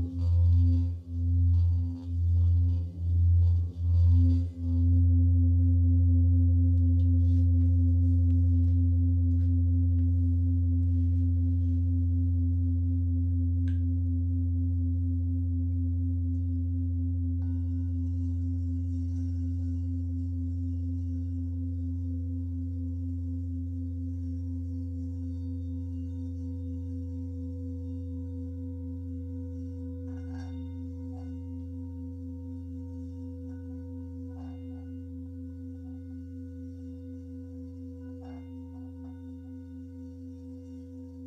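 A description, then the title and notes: A Himalayan bowl is tapped or rubbed in a quick run of about five pulses over the first five seconds, then rings on as one steady, deep hum with a few clear overtones. The tone fades very slowly across the remaining thirty-plus seconds, with faint light clicks and ticks scattered above it. A Himalayan Bowl Meditation.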